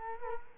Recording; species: mosquito wingbeat signal from an infrared sensor; Culex quinquefasciatus